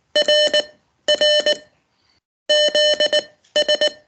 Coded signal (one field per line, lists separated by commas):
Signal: Morse code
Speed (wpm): 19 wpm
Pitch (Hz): 600 Hz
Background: none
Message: R R ZS